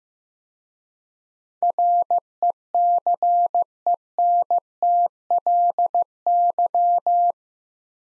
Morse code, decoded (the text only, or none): RECENTLY